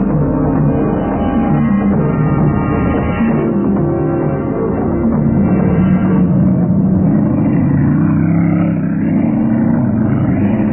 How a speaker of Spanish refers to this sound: Minutos después, las recias y musculosas manos de Calimán se aferraban al volante de un veloz auto de carreras.